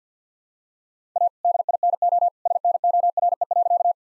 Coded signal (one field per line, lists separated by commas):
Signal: Morse code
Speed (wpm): 50 wpm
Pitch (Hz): 700 Hz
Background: none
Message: A DINO SNORE.